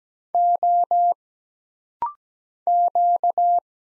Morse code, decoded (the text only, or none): O Q